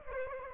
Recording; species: mosquito wingbeat signal from an infrared sensor; Aedes aegypti